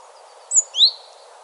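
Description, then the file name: Great tit call notes: a sharp high whistle dropping in pitch, immediately followed by a lower, rising whistled note, against a quiet, steady hiss. "Parus major"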